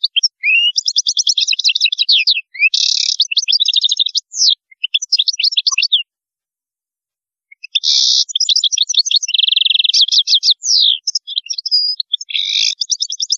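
European goldfinch song: long tumbling runs of rapid tinkling, twittering notes with buzzy bursts, pausing midway before resuming.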